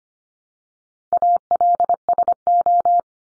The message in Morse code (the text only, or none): ALSO